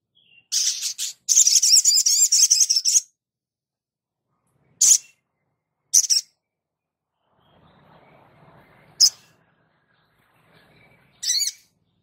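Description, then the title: Spiderhunter song: a loud rapid high trill of buzzy notes for about two seconds, then single sharp chips spaced a second or more apart. Labaik song variant. "Sogok Ontong Labaik"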